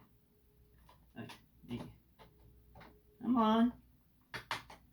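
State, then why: Seated. Plastic air lock connector pieces of a transforming toy in rocket mode are pushed together while someone talks, straining because these connectors are hard to lock. The connector locks into place with a sharp click at 4.5 s.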